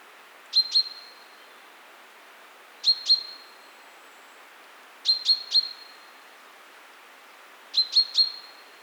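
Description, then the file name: Common chaffinch giving bright, clipped call notes in pairs and triplets, each group separated by roughly two to three seconds, with a light steady hiss behind. "Fringilla coelebs"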